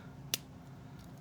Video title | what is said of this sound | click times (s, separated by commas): Rainbow High: Collector’s Edition Art of Fashion Jett Dawson Doll Unboxing, Review, is She Worth It? | And then again, it just uh snaps right into these wheels. | 0.3 s